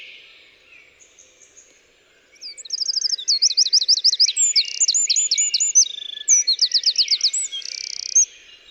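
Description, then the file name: Eurasian wren delivering one long, loud song after a quiet start: rapid chattering trills, looping whistled notes and a buzzy rattle, lasting about six seconds. "Troglodytes troglodytes"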